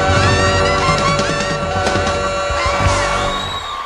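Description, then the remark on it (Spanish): The audience of the Oeste Tonight Show applauds and cheers loudly and continuously, with scattered whoops and yells over a dense wash of clapping, easing off slightly toward the end. “Muy bien, muchas gracias por esa, wow, ese aplauso espontáneo totalmente.”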